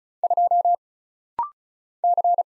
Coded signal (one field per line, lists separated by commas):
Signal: Morse code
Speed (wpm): 36 wpm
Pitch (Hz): 700 Hz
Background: none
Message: 2 C